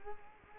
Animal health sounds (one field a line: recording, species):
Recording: mosquito wingbeat signal from an infrared sensor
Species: Culex quinquefasciatus